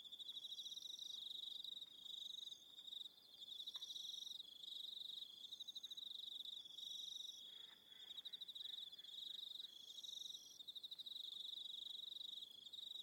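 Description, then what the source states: Crickets chirping in high, fast pulsed trains with brief breaks over a quiet background. Soundscape with crickets.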